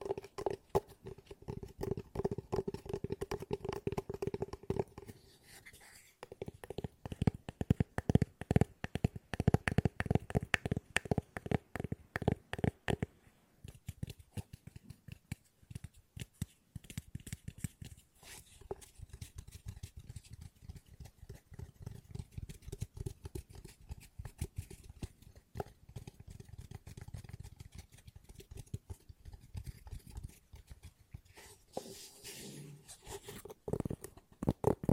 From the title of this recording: ASMR Tapping No Talking Fast